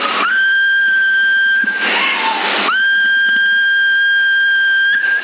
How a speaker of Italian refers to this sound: Adesso stiamo usando il 14, quant'è il coso? Quant'è il mio segnale adesso lì? E se fischio invece?